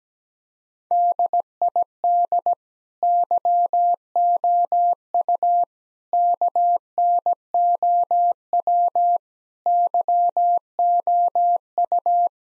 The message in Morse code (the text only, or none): DID YOU KNOW YOU